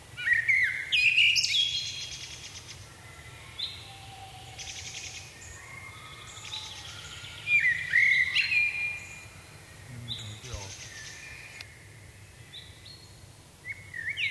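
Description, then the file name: Common blackbird sings rich, flute-like warbled phrases with high twittering tails, spaced several seconds apart. "Turdus merula"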